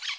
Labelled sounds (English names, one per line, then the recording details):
Brown-throated Parakeet contact call
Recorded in Curacao
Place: along powerline, near entrance of Santa Barbara resort
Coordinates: 12.068, -68.844